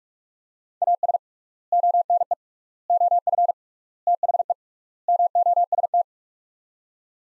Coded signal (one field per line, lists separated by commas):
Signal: Morse code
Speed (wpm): 46 wpm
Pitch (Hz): 700 Hz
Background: none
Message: AS ONE OF THE MOST